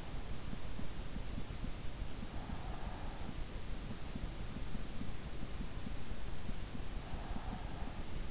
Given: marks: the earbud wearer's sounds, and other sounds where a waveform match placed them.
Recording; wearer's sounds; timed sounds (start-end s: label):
sounds in sleep by an in-ear microphone; breath
2.32-3.79 s: breath
7.01-8.31 s: breath